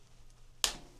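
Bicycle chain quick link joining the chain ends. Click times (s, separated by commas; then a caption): 0.6 s. The steel master (quick) link joining the two ends of an Ozark Trail M.2 Ridge bicycle chain is seated by pushing the link halves together and then pulling the chain apart. After a quiet stretch, a single sharp, bright snap sounds at 0.6 s and decays quickly, marking the link snapping into place.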